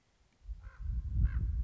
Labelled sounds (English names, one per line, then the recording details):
Common Raven
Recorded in Sonoma County, California